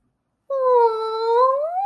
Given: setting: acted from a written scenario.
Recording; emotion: vocal sound without words; adoration